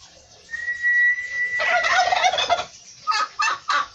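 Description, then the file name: Turkey: a thin steady whistle, then a loud rattling gobble, ending with a few sharp separate yelps. "canto do peru"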